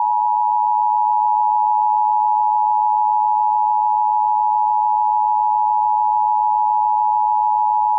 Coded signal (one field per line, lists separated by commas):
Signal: Emergency Alert System (SAME) tones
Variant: 853 and 960 Hz attention tone